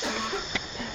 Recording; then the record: coughing mixed with background sound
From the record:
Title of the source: Barking cough - # 10